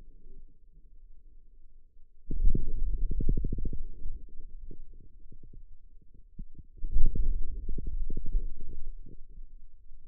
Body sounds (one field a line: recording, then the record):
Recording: forearm muscle sounds (acoustic myography)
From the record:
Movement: hand closing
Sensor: system 2, bracelet of six BSWA MPA416 microphones around the upper forearm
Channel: 2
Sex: male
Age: 22 years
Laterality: right